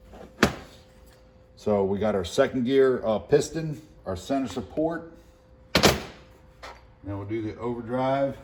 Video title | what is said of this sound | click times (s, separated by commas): “I HAVE MADE FIRE “🔥 FINAL STEPS ON THE E4OD GUTS ! | and it just pops right in perfect | 0.4 s